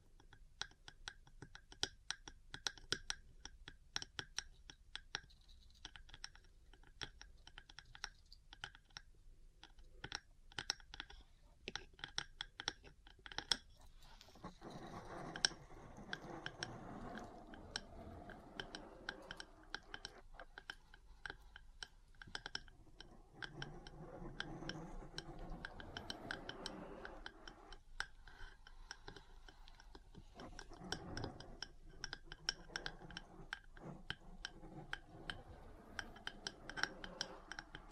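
Metal parts tap in quick, irregular clicks throughout, joined from about fifteen seconds by denser scraping and scratching that comes and goes.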